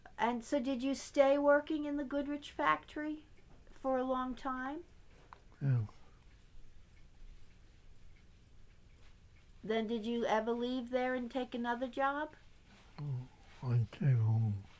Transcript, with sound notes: And so did you stay working in the Goodrich factory for a long time?
Yeah.
[long pause] Then did you ever leave there and take another job?
I came home.